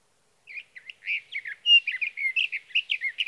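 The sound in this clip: Sage thrasher song, a hurried jumble of varied warbled notes and brief whistles, continuous and unbroken after a half-second of silence.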